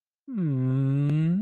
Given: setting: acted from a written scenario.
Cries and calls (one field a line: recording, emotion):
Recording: vocal sound without words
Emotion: disappointment